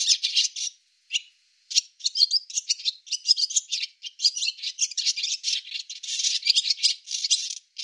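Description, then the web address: Barn swallow giving long runs of bright, scratchy chirps mixed with dry rattles, nearly continuous with a few short gaps. "cianscape birddata Deverinetal 2025"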